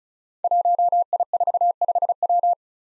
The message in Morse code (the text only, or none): 1I45W